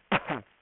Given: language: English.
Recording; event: throat vibration sensor signal played as sound; cough